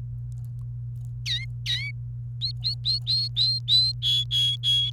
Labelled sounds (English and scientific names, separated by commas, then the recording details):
Domestic Canary (Serinus canaria) song
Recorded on 28 April 2018 at 09:56
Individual llb3